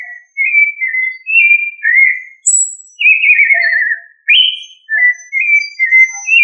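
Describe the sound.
Thrush singing rich, slurred whistled phrases that rise and fall, some with a rapid trill, following one another with short gaps.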